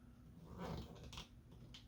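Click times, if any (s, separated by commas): none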